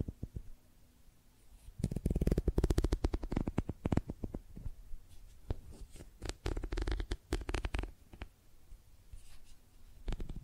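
Close tapping and scratching on makeup items, starting quiet, then a dense burst of rapid, crisp taps from about two to four seconds. Irregular clusters of tapping return around six to eight seconds before thinning out, with a soft low rumble underneath in a small room.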